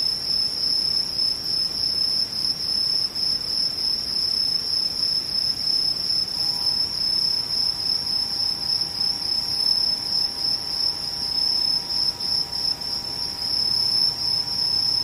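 Insects trill in a steady, high, unbroken chorus, with a faint low tone joining midway and a soft rustling murmur underneath throughout.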